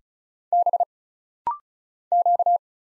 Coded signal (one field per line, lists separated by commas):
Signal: Morse code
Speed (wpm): 36 wpm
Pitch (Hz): 700 Hz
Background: none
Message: B Q